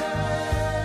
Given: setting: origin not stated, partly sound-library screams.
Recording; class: one-second piece from a danger detection set; normal situation